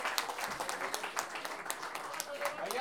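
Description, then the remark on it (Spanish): An audience applauds after all the raffle tickets have been sold, in a steady, dense patter of many hands clapping at once. The clapping holds an even loudness throughout, with a few voices mixed in underneath. “Oye, un aplauso para todos porque hemos podido vender todos los números de la rifa.”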